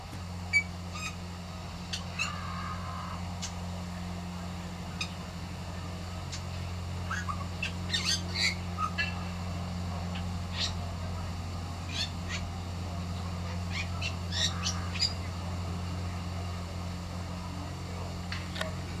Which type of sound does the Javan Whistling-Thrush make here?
call